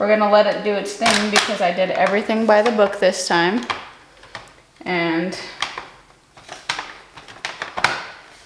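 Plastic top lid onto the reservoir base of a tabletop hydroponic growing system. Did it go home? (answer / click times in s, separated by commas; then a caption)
yes / 7.8 s. Someone talks, then presses the plastic top lid of a LetPot tabletop hydroponic growing system down onto its reservoir base, which has been filled with water to 5 L. Several sharp plastic clicks and knocks follow, and the lid snaps locked into place at 7.9 s.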